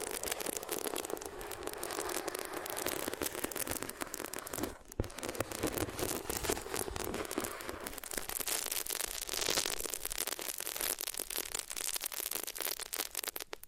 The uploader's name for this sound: Rubbing Your Ears on Different Materials